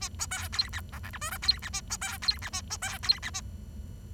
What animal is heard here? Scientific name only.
Lonchura striata domestica